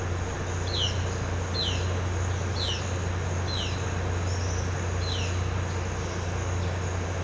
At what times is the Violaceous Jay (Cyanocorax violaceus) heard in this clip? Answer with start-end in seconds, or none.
0.59-5.29